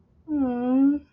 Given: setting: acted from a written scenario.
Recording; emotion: vocal sound without words; romantic love